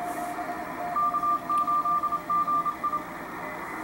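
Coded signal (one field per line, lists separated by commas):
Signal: Morse code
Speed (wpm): 27 wpm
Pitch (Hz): 1190 Hz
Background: radio noise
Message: K8GI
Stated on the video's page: CW keyed by computer with the EHOCW keyer software.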